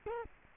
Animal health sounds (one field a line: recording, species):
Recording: mosquito wingbeat signal from an infrared sensor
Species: Culex quinquefasciatus